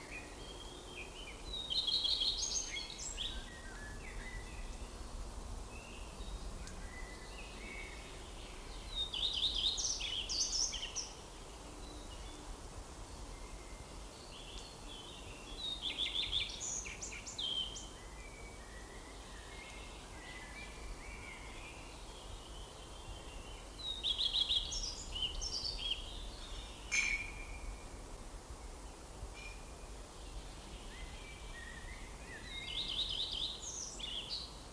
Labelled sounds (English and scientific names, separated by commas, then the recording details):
Common Redstart (Phoenicurus phoenicurus) song
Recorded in the wild
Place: Bogensee, Barnim, Brandenburg, DE
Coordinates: 52.7714, 13.5294
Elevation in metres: 60
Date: 2004-05-30 13:45
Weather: sunny, 21-24°C
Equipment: Sony WM-D6C, Sennheiser ME 80, Kopie Uher 4000 Report Monitor
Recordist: Tembrock, Günter
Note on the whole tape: Gesang. Waldschule Bogensee